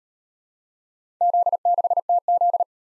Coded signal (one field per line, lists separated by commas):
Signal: Morse code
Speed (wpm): 38 wpm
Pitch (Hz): 700 Hz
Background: none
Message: Z6TZ